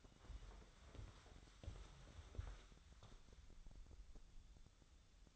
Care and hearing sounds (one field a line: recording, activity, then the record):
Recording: daily activity, microphone in the room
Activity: walk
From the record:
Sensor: 3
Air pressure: 1015.3 hPa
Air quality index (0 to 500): 129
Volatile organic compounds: 5 ppm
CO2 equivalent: 1821 ppm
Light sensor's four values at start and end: 15/39/15/16 and 16/41/16/18